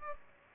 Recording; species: mosquito wingbeat signal from an infrared sensor; Culex pipiens